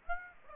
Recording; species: mosquito wingbeat signal from an infrared sensor; Aedes aegypti